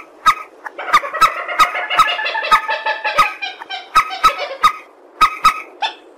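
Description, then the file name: Purple swamphen giving nasal, honking calls in a rapid stuttering series, punctuated by frequent sharp clicks. "tieng trich re keu"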